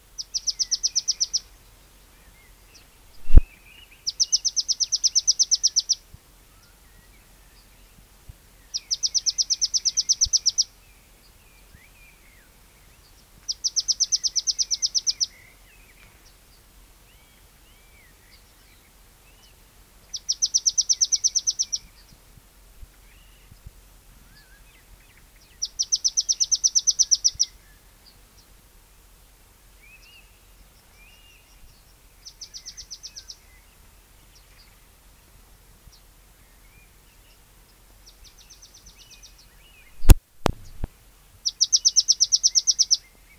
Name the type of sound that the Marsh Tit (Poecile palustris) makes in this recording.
song